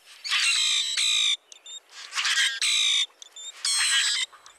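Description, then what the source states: Common grackle giving a few harsh, buzzy, metallic bursts, each broad and grating, with brief high squeaky notes between them. Metallic, almost mechanical song.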